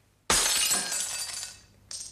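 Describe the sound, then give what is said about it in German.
A sudden crash of breaking glass, bright and loud, followed by a long shimmering tinkle of shards that slowly fades, then a brief second burst of jingling fragments. “Das Glas? Das Glas.”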